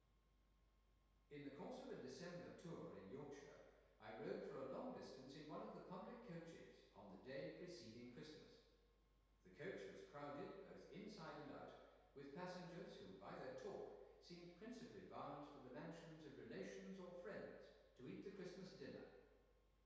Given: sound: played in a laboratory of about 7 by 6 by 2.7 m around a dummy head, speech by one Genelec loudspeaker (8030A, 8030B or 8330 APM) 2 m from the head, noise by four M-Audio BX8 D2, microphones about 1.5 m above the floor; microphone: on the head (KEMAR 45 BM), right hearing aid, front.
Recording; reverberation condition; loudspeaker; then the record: male speech in English; high; 150 degrees to the left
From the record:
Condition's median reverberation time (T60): about 1300 ms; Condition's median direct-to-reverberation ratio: about -4.0 dB